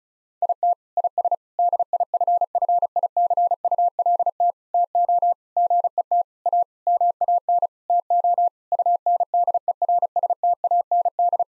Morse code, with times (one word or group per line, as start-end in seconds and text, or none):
0.4-0.7 IT
1.0-1.3 IS
1.6-4.5 DIFFICULT
4.7-5.3 TO
5.6-6.2 GET
6.5-6.6 A
6.9-7.7 MAN
7.9-8.5 TO
8.7-11.4 UNDERSTAND